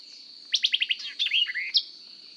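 White-eyed Vireo song: a quick burst of sharp, chipping notes followed by slurred, buzzy phrases and a final snappy note, over a steady high hiss.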